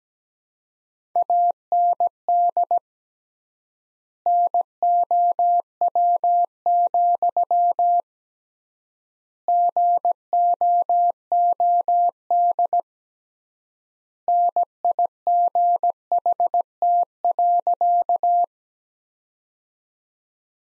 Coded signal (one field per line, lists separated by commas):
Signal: Morse code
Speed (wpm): 17 wpm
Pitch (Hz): 700 Hz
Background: none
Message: AND NOW, GOOD NIGHT.